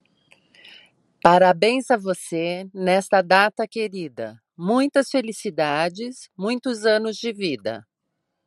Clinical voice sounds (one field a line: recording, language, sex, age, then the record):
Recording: short text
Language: Brazilian Portuguese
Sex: female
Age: 50 to 59 years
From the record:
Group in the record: control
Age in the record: 59 years